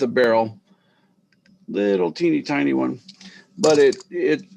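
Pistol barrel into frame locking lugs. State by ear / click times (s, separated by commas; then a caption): not seated / none. Someone talks while handling the small barrel of a classic Colt pocket pistol during disassembly and reassembly, getting it ready to rotate into the frame so its lugs lock in. Only faint ticks come through in a quiet pause between the speech. The barrel has not seated or locked into the lugs yet.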